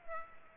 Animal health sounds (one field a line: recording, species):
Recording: mosquito wingbeat signal from an infrared sensor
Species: Culex pipiens